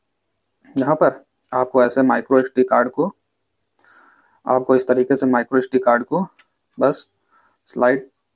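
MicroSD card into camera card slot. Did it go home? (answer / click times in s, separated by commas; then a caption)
no / none. Someone talks while sliding a microSD card into the card slot of a Canon R10 camera, with only a faint brief handling sound around 3.8 s in a pause between speech. The card has not seated or clicked into the slot yet.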